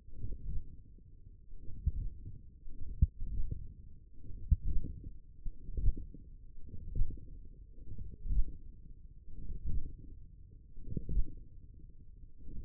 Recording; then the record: forearm muscle sounds (acoustic myography)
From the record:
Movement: hand closing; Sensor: system 1, eight BSWA MPA416 microphones around the upper forearm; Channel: 1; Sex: male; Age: 42 years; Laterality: right